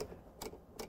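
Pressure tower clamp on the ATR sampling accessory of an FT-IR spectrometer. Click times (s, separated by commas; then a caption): 0.0 s, 0.4 s, 0.8 s. The pressure tower clamp on the ATR sampling accessory of a Thermo Scientific Nicolet iS50 FT-IR spectrometer is turned down onto a sample on the ATR crystal. Its slip clutch gives three short, sharp clicks at 0.0, 0.4 and 0.8 seconds. This shows the clamp has reached its set contact pressure.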